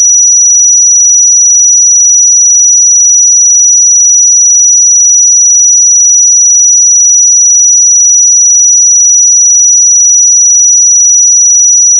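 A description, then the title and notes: A pure sine tone at 5861 Hz holds perfectly steady for the full twelve seconds. The pitch is high and thin, with no wavering in loudness and nothing else beneath it, only silence around the single unchanging note. 5861 Hz 1 Hz Interval Sine Pure Tone Frequency 441000 Sample Mono.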